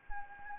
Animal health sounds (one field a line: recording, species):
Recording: mosquito wingbeat signal from an infrared sensor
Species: Anopheles gambiae